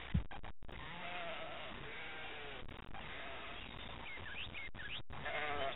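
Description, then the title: Sheep bleating from a flock, overlapping wavering calls throughout, with a steady low rumble underneath. Sheep being herded; electronically placed onboard the Voyager 1 and 2 spacecraft. "Golden Record: Herding Sheep"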